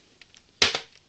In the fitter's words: hop, elle vient se clipser le côté donc avec le petit teuteux ici.